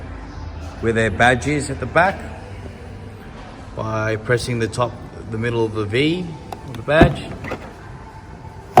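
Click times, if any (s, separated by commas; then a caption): 8.8 s. Someone talks while pressing the middle of the V on the rear badge of a Mark VIII Golf, which is the boot release for the car's tailgate. A sharp click is heard at 8.8 s as the latch releases and the tailgate opens.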